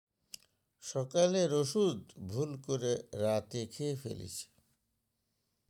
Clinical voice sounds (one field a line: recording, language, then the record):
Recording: elicited speech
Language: Bengali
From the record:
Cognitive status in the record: dementia